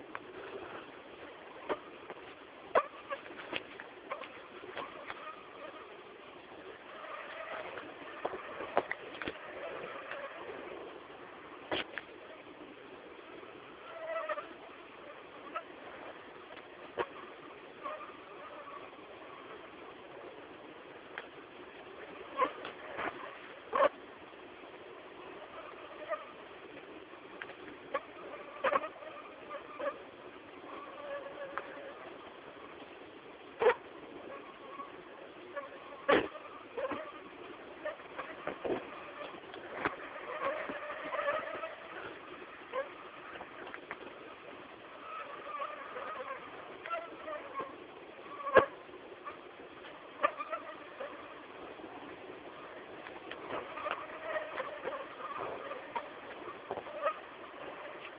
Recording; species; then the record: mosquito flight sound by mobile phone; Anopheles gambiae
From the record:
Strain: Akron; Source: CDC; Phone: Samsung T209